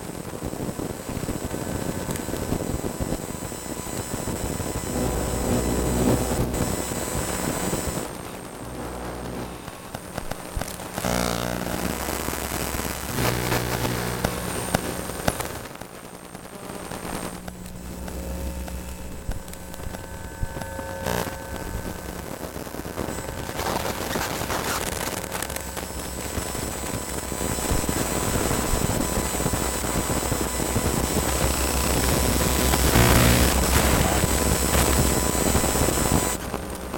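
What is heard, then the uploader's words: A contact transducer picks up a laptop keyboard as a dense, shifting electronic hum with thin high whines and steady tones that come and go. Sharp clicks and crackles punctuate it throughout, with a quieter dip around fifteen seconds before it swells again toward the end. CroMagnet Transducer picking up laptop keyboard frequencies.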